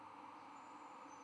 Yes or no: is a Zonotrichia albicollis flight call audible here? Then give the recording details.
no. No flight call is heard. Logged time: 00:04 on 24 November 2014